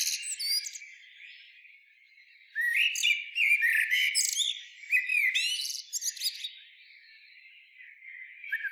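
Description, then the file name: Common blackbird song: a brief high squeak at the start, then after a pause a long run of warbled notes mixed with sharp, high-pitched twitters. "Turdus merula"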